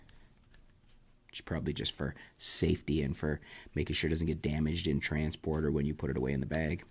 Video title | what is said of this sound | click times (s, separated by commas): Canon EOS M50 Mark 2 -- EF-M 15-45mm & EF-M 55-200mm Review/ Unboxing & Demo | close it down it locks into place which | 0.1 s